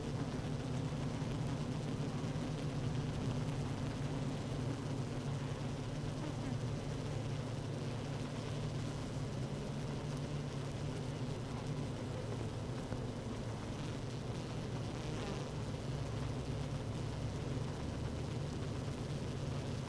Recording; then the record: honeybee colony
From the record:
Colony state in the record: active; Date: 12 June 2018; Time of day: 15:40